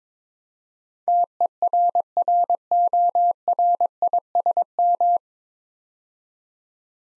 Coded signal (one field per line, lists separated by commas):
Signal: Morse code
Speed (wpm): 22 wpm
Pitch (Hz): 700 Hz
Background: none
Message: TERRORISM